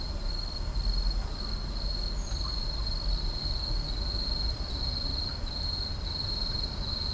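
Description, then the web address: Insects give a steady high-pitched trill over a low background rumble. Night insects in an urban park. "boom library Urban and Suburban Urban park night insects"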